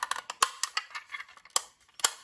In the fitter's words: It just snaps into place.